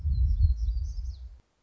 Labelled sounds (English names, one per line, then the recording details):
Black-throated Gray Warbler
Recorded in Sonoma County, California